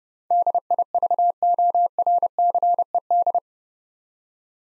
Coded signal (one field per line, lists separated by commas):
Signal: Morse code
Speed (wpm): 30 wpm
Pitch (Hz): 700 Hz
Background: none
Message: DIVORCED